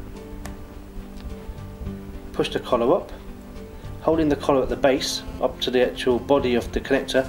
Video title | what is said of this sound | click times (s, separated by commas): OperateVideo1.mp4 | once You' got enough space push down on it and you'll hear a click | 0.5 s